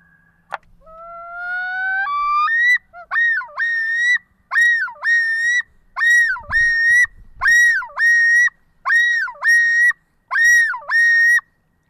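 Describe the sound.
Loon calling: a long rising wail that steps up in pitch, then a series of loud repeated two-part wavering notes at an even pace, with a few faint low thumps.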